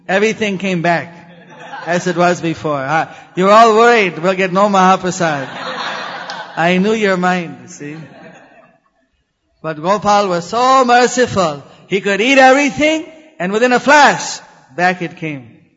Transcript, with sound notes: everything came back as it was before. “You were all worried that you will get no mahaprasadam., (laughter) I knew your mind you see.” but Gopal was so merciful, he could eat everything and within a flash back it came.